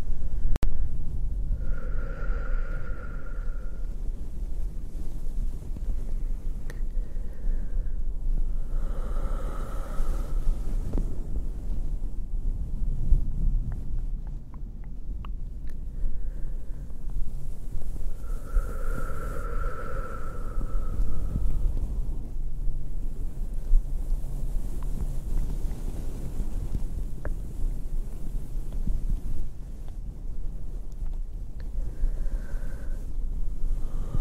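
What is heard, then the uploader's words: Slow, gentle blanket sounds with soft rustling and low rumbling movement running throughout. Brief sharp clicks and crinkles appear here and there. Soft tonal swells rise and fade around 2, 9, 20 and 33 seconds, while the level stays fairly even. Slow & gentle blanket sounds w tongue clicking and breathing - soft, crinkly.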